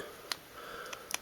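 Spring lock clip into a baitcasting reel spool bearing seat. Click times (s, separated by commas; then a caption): 1.1 s. A spring lock clip is pushed cut end first into the spool bearing seat of a Shimano Citica baitcasting reel during a Boca spool bearing upgrade, then pressed down until it clicks. Short, sharp ticks sound at about 0.3 s and 0.9 s, and the clip snaps into place with a crisp click at 1.1 s, seated.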